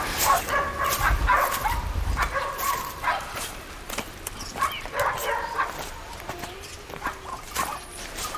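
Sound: dog barking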